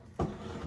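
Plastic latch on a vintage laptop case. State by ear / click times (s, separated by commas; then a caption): released / 0.2 s. A plastic latch near the floppy drive on a vintage Apple PowerBook 145 laptop is operated and pops right open with a sharp click at 0.2 s, followed by a low, soft rustle. The latch releases.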